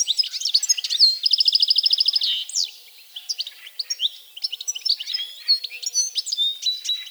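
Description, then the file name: European goldfinch song: bright tinkling twitters, a rapid buzzy trill of evenly repeated notes near the start, then varied chirps and liquid twittering phrases throughout. "Carduelis carduelis"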